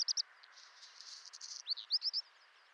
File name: Rougequeue noir